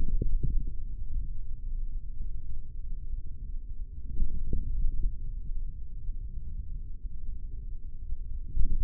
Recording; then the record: forearm muscle sounds (acoustic myography)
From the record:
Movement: hand opening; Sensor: system 3, bracelet of six PUI Audio POM-2738L microphones around the upper forearm, with dedicated amplification and filtering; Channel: 4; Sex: male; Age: 55 years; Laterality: right